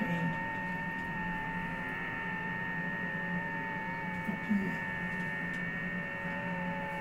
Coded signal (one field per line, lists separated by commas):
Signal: FT8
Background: speech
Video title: Just some fun on FT8/4